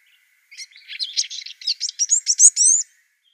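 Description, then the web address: Red-billed firefinch song: just over two seconds of rapid, high chirping notes, buzzy at first, then clearer slurred whistles repeated several times each second, on a quiet background. "Schulze Peter Red-billed Firefinch"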